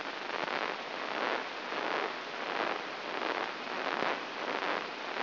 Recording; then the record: brain microelectrode recording played as sound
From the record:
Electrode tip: inside the subthalamic nucleus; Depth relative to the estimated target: 1 mm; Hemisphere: right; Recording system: AlphaMap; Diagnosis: Parkinson's disease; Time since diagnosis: 11 years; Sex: male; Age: 66 years